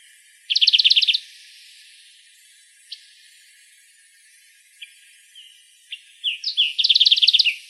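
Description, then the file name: Olive warbler calling, with a fast trill of bright repeated notes at the start, sparse thin chips in the middle, and another rapid chattering series at the end. Recorded in Arizona. "OLWA 3 B deviche"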